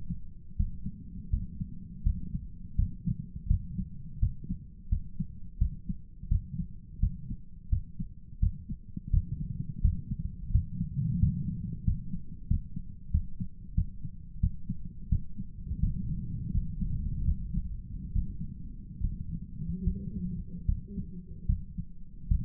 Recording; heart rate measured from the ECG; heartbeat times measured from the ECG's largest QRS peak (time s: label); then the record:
heart sounds by stethoscope; 83 bpm
0.56 s: heartbeat
1.30 s: heartbeat
2.03 s: heartbeat
2.75 s: heartbeat
3.47 s: heartbeat
4.19 s: heartbeat
4.89 s: heartbeat
5.58 s: heartbeat
6.28 s: heartbeat
6.99 s: heartbeat
7.69 s: heartbeat
8.39 s: heartbeat
9.10 s: heartbeat
9.81 s: heartbeat
10.51 s: heartbeat
11.19 s: heartbeat
11.84 s: heartbeat
12.47 s: heartbeat
13.10 s: heartbeat
13.74 s: heartbeat
14.40 s: heartbeat
15.08 s: heartbeat
15.79 s: heartbeat
16.51 s: heartbeat
17.24 s: heartbeat
18.11 s: heartbeat
19.00 s: heartbeat
19.84 s: heartbeat
20.65 s: heartbeat
21.46 s: heartbeat
22.28 s: heartbeat
From the record:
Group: healthy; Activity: rest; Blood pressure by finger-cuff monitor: 139/80 mmHg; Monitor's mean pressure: 94 mmHg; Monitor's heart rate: 84 bpm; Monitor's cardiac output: 7.8 L/min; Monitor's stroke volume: 93 mL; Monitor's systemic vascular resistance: 880 dyn s/cm5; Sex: male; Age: 57 years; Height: 188 cm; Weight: 106 kg